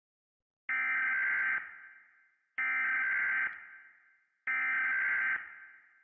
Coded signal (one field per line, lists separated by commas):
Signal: Emergency Alert System (SAME) tones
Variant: header bursts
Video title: The EAS Saga (AI Sponge Rehydrated)